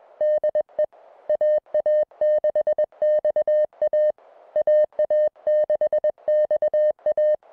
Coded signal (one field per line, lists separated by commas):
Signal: Morse code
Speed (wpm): 21 wpm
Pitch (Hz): 590 Hz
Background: music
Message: DE AA6XA AA6XA